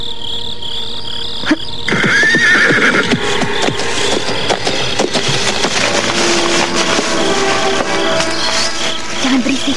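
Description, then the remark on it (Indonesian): A horse lets out a loud, high whinny that wavers and trails off at night, set against a steady shrill chorus of night insects, with faint hoof shuffles and low rustling underneath. “Ringkikanmu dapat mengejutkan penduduk sekitar tempat ini.”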